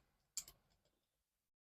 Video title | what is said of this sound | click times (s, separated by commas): Review of Battle Armor He-Man action figures from Masters of the Universe New Eternia by Mattel | The shield pops right in here. | 0.4 s